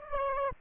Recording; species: mosquito wingbeat signal from an infrared sensor; Aedes aegypti